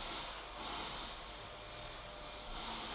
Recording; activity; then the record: daily activity, microphone in the room; vacuum cleaning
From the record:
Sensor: 5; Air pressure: 992.0 hPa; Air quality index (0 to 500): 175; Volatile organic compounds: 621 ppm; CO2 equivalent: 4959 ppm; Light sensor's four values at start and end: 30/104/38/41 and 30/104/38/41